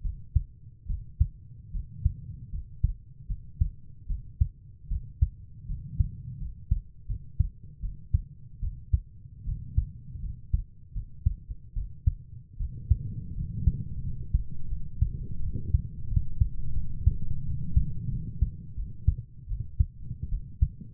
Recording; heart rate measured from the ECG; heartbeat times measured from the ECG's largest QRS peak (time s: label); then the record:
heart sounds by stethoscope; 80 bpm
0.03 s: heartbeat
0.88 s: heartbeat
1.73 s: heartbeat
2.52 s: heartbeat
3.28 s: heartbeat
4.08 s: heartbeat
4.89 s: heartbeat
5.68 s: heartbeat
6.39 s: heartbeat
7.08 s: heartbeat
7.82 s: heartbeat
8.61 s: heartbeat
9.45 s: heartbeat
10.22 s: heartbeat
10.94 s: heartbeat
11.74 s: heartbeat
12.58 s: heartbeat
13.35 s: heartbeat
14.03 s: heartbeat
14.69 s: heartbeat
15.41 s: heartbeat
16.09 s: heartbeat
16.75 s: heartbeat
17.45 s: heartbeat
18.11 s: heartbeat
18.76 s: heartbeat
19.48 s: heartbeat
20.30 s: heartbeat
From the record:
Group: healthy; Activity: rest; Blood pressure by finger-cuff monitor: 115/62 mmHg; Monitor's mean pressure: 77 mmHg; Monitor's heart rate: 78 bpm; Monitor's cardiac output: 7.2 L/min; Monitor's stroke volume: 91 mL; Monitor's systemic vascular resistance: 780 dyn s/cm5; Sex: female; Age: 22 years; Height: 160 cm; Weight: 63 kg